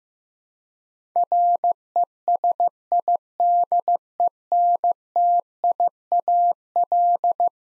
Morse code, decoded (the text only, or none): RESIDENTIAL